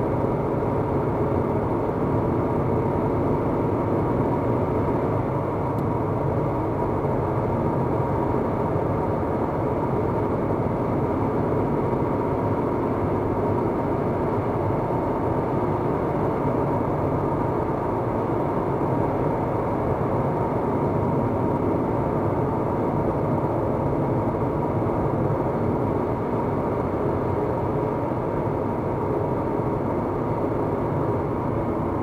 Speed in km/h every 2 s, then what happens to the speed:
94, 95, 93, 92, 93, 94, 95, 95, 94, 92, 94, 91, 91, 90, 89, 86.
0-32 steady at about 93.